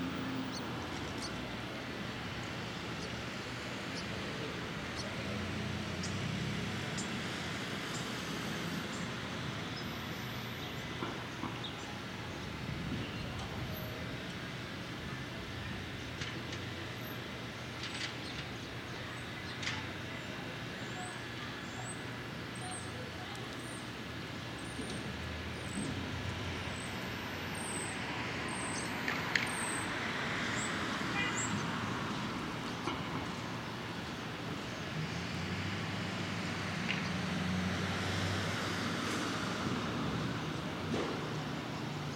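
A Brooklyn street in the morning: a steady rumble of passing traffic with faint voices, occasional clicks and bursts of high chirping birds.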